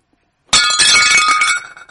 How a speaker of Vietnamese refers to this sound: Ngoài cửa chuyển tới tiếng vỡ vụn thanh thúy, giống như là đổ sứ rơi vỡ trên đất.